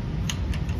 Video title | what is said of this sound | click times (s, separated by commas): OME Wanderr - Intro and Assembly | it just clicks into place, pushing on this end. | 0.3 s